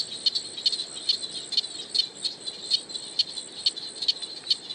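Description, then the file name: Wallum froglet giving short metallic ticking notes, roughly two or three per second, slightly irregular, with faint background hiss. "crinia tinnula"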